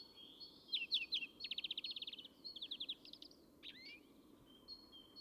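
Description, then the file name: European greenfinch twittering, fast buzzy trills and chattering phrases in quick succession, then a few thin whistled notes over a low background rumble. "Chloris chloris"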